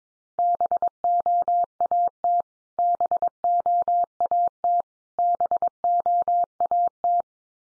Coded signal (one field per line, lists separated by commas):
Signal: Morse code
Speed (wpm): 22 wpm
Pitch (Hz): 700 Hz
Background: none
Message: BOAT BOAT BOAT